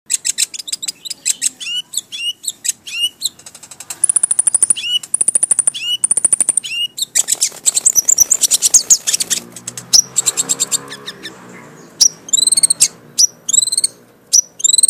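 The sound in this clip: White-flanked sunbird singing: quick high chirps, a sustained thin trill, a dense burst of twittering, then spaced sharp downslurred notes.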